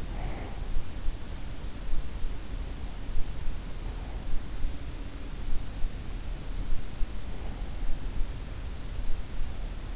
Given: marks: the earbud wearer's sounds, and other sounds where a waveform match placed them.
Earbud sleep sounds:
sounds in sleep by an in-ear microphone; breath
0.00-0.64 s: breath

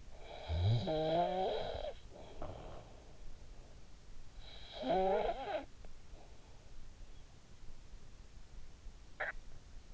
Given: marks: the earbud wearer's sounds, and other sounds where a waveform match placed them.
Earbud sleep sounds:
sounds in sleep by an in-ear microphone; snoring breath
0.00-3.37 s: snoring breath
4.08-6.45 s: snoring breath
8.97-9.54 s: snoring breath

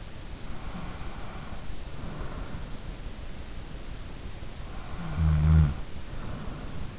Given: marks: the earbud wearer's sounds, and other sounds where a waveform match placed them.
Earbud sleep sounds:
sounds in sleep by an in-ear microphone; breath, snoring breath
0.56-2.73 s: breath
5.03-6.99 s: snoring breath

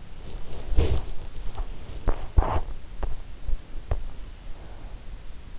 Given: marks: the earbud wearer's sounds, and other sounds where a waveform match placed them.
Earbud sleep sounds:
sounds in sleep by an in-ear microphone; body movement
0.00-5.20 s: body movement

